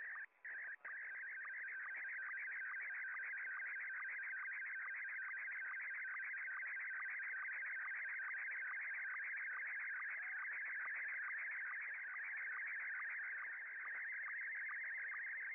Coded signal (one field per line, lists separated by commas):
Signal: SSTV (slow-scan television)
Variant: Scottie 1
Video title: SSTV from Japan - JA5CU